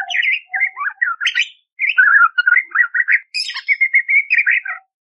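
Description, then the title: Budgerigar warble: a run of slurred chattering notes, nearly continuous, with two brief breaks and some higher chirps. Loud, clear chirping (gacor jernih) with rough 'tembakan' fill phrases, used as masteran to train magpie robins (kacer). "Masteran Burung Parkit Gacor Jernih Full Isian Tembakan Kasar Cocok Buat Kacer"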